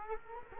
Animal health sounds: mosquito wingbeat signal from an infrared sensor; Culex quinquefasciatus

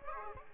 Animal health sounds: mosquito wingbeat signal from an infrared sensor; Aedes aegypti

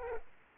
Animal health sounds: mosquito wingbeat signal from an infrared sensor; Culex quinquefasciatus

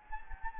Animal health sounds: mosquito wingbeat signal from an infrared sensor; Anopheles gambiae

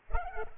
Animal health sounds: mosquito wingbeat signal from an infrared sensor; Culex pipiens

